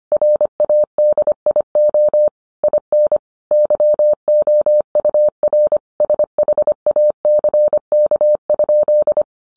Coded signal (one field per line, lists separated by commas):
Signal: Morse code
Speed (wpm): 25 wpm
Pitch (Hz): 600 Hz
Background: none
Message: RADIO IN YOUR SHACK?